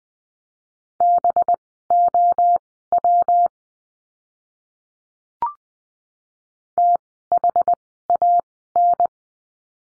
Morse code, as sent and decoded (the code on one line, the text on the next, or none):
-... --- .-- / - .... .- -.
BOW THAN